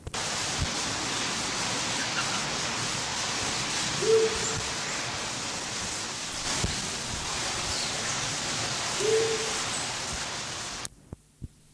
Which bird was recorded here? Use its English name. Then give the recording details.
Amazonian Motmot. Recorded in captivity. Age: adult. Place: Zoo Berlin, Berlin, DE. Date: 2003-06-27 17:30. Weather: heiter, 25°C. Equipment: Fair Mate ST-1328 (Asahi Electronics, Japan), Sennheiser ME 80, Kopie Uher 4000 Report Monitor. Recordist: Tembrock, Günter. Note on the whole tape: Dunkle Kurzlaute